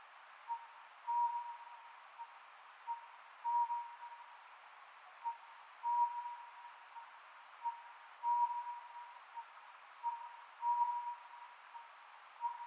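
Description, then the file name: Oriental scops owl calls: brief whistled notes in small groups, repeating regularly every two to three seconds amid soft hiss. Recorded 27 May 2010 at 22:21. "konohazuku-20100527-2221"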